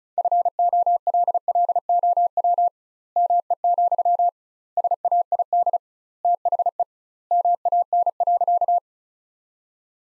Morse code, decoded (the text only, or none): FOLLOW ME, SAID THE MAN.